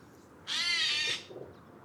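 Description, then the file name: Eurasian jay uttering a single hoarse, grating screech lasting under a second. "Garrulus glandarius"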